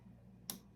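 A plastic wire-to-wire connector from an LED strip cable is pushed by both hands into its mating connector on the Raspberry Pi lead. After a low background hum, a single sharp click at 0.5 s marks the connector slotting in and seating in place.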